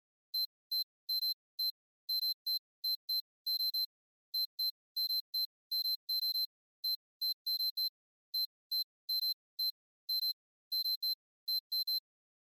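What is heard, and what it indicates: Short, high-pitched electronic beeps near 4 kHz come in irregular bursts of one to three, about 40 a minute, with total silence between them. This simulates impulsive tonal tinnitus, a pulsing, tone-like sound or noise a sufferer may hear in the head.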